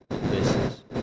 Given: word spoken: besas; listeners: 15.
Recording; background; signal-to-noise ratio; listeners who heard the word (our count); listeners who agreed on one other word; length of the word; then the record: one Spanish word in noise, from a listening test; noise modulated by one talker; -7.6 dB; 4 of 15; 7 of 15; 0.63 s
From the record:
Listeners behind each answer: 7, 4, 1, 1, 1, 1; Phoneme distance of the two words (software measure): 10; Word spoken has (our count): 2 syllables, 5 phonemes, stress on syllable 1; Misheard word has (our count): 2 syllables, 5 phonemes, stress on syllable 1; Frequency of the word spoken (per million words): 0.21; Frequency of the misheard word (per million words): 3.08